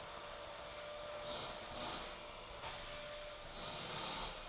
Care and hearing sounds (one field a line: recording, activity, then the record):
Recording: daily activity, microphone in the room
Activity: vacuum cleaning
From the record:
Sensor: 5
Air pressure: 1009.7 hPa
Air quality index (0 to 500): 167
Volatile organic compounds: 4 ppm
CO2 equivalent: 1619 ppm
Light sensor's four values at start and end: 109/287/118/126 and 109/287/117/126